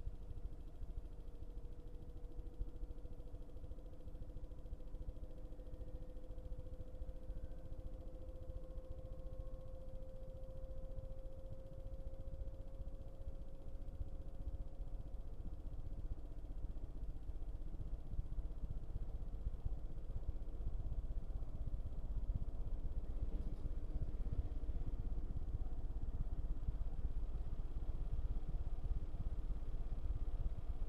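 A washing machine runs with a steady low rumble and churning hum, a faint whine rising gently early on and the drone thickening toward the end.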